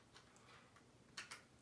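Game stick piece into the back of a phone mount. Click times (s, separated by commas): 1.2 s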